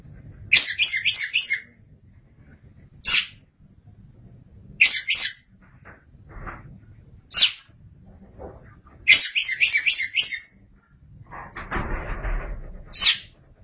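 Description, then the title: Oriental magpie-robin singing bursts of several raspy high notes between isolated scratchy calls, with a brief noisy rustle near the end. "Suara Kicauan Burung Kacer Durasi Panjang"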